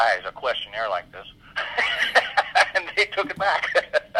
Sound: laughs